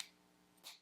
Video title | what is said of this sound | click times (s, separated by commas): AirMini Travel APAP CPAP Review, and How To Change Pressure | drop it in there clicks into place | 0.0 s